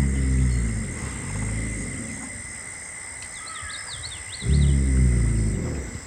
Alligator Snoring. A real alligator.